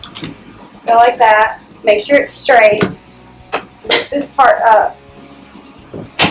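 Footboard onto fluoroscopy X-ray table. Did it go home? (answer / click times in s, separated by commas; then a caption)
no / none. A removable footboard is handled on a fluoroscopy X-ray table, lined up straight while a part of it is lifted, as someone talks throughout. Short knocks sound near 0.0, 0.2 and 3.5 seconds, but the footboard has not seated or clicked into place yet.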